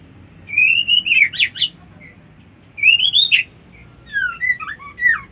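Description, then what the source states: White-eye song in three bursts of whistled slurs and quick twittering chirps, with short pauses between. Song style called ngerol ngalas.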